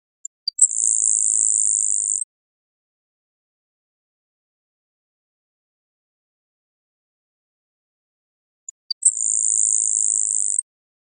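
Grasshopper sparrow song: two faint ticks, then a long, high, dry insect-like buzz lasting about one and a half seconds, repeated about eight seconds later.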